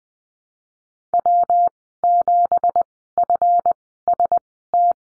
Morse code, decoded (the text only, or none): W7FST